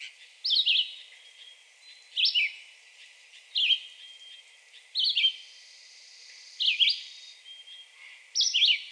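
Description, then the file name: Red-eyed Vireo song: short, slurred, whistled phrases, each one quick and choppy, given about every one and a half seconds with brief pauses between them. Recorded 2 June 2020. "2020-06-02 Red-eyed Vireo"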